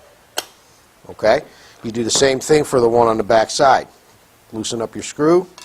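On a Ridgid 141/161 pipe threader drive, the eighth-inch set screw on the collet is loosened with an allen wrench and the front support arm is slid back until it clicks into place, with a sharp click at 0.4 s. After that, someone talks. The support arm is seated.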